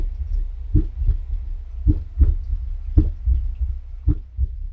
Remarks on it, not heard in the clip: The stethoscope monitors the sound of the heart valves opening and closing. You have four chambers in your heart, and they don't beat together. Some of them beat very close, you see, but they'll beat one, you know, behind the other, and that gives us basically four-part harmony.